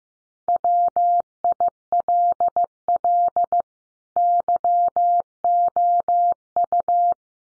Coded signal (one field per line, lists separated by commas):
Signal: Morse code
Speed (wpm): 15 wpm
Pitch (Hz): 700 Hz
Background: none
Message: WILL YOU